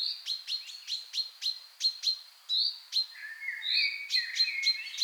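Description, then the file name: Common chaffinch calls: a quick run of sharp 'pink' notes, then thin sliding whistles and short slurred notes. "Fringilla coelebs"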